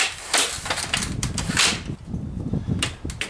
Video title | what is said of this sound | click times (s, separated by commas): Best Telescopic Ladder For RV Owners? Test/Review of the Nunet Adjustable Folding | make sure everything is locked into place | 1.2 s, 2.8 s, 3.2 s